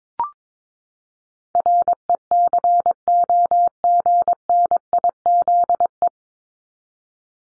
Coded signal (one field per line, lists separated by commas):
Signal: Morse code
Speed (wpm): 22 wpm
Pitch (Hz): 700 Hz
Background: none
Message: RECOGNIZE